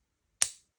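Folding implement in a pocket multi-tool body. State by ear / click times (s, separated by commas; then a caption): seated / 0.4 s. The implement of a folding P1 EDC utility pocket multi-tool is opened and snaps into its detent position. A single sharp, bright click at 0.4 s decays within about two tenths of a second, with near silence before and after. The implement is seated in its detent.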